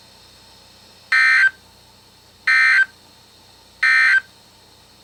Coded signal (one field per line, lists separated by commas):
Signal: Emergency Alert System (SAME) tones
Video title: EAS #5-#9: SVRs in JANUARY? | KHB36